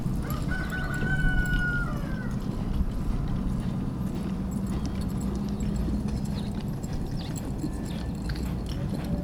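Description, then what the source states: Rooster crowing once, a drawn-out harmonic crow early on, over a steady low rumble and hoofbeats. Roosters answering other birds on a ranch in Arteaga, Coahuila, Mexico, cold morning; horsemen training a young horse; expressway rumble; Sennheiser ME2 and Line Audio CM4 into Sound Devices MixPre-6 II.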